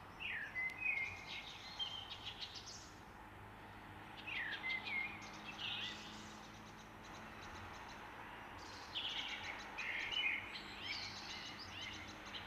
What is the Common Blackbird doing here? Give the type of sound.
song